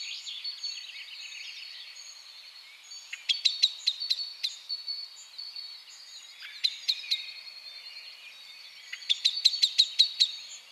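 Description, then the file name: Common blackbird hard ticking calls in three separate bursts of rapid chinks, over continuous high twittering in the background. "Turdus merula"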